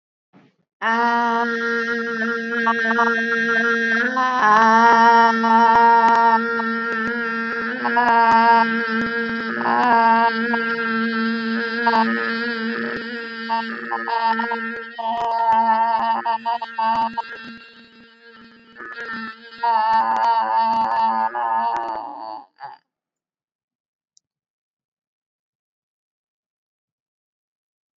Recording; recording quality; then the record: sustained vowel as in made; moderate, slight background noise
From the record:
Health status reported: respiratory illness, not identified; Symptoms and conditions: asthma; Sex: female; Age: 55 years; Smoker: not ticked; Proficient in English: yes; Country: India